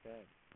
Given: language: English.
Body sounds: throat vibration sensor signal played as sound; speech

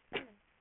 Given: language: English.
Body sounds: throat vibration sensor signal played as sound; cough

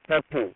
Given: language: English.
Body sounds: throat vibration sensor signal played as sound; speech

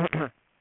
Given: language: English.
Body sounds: throat vibration sensor signal played as sound; throat clearing

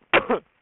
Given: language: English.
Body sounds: throat vibration sensor signal played as sound; cough

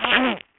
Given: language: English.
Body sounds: throat vibration sensor signal played as sound; throat clearing

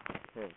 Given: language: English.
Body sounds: throat vibration sensor signal played as sound; speech

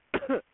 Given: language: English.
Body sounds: throat vibration sensor signal played as sound; cough

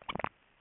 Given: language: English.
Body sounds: throat vibration sensor signal played as sound; swallow

